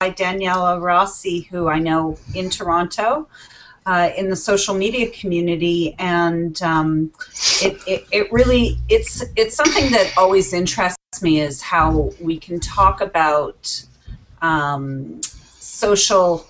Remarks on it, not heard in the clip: A social media strategist in Toronto, Ontario, Canada. I do not stutter.